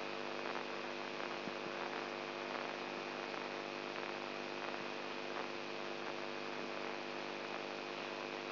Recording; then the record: brain microelectrode recording played as sound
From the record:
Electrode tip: inside the subthalamic nucleus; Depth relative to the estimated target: 1 mm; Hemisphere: right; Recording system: AlphaMap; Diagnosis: Parkinson's disease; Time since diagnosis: 20 years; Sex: female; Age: 64 years